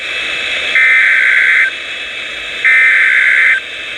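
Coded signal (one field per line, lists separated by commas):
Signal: Emergency Alert System (SAME) tones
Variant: header bursts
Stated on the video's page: Mock EAS alert, not a real broadcast.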